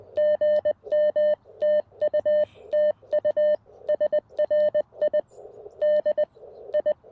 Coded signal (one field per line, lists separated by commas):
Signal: Morse code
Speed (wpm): 20 wpm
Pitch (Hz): 600 Hz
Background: none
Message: GM TU TU SRI DI